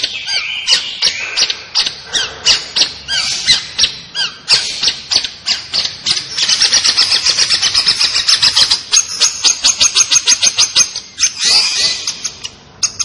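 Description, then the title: Long-tailed shrike song: a long burst of harsh, rasping notes that quickens into a fast, steady chatter, then slows and fades out. Described as gacor. "Cendet Gacor"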